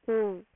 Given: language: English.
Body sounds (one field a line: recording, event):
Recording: throat vibration sensor signal played as sound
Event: speech